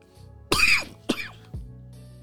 Coughing in the background.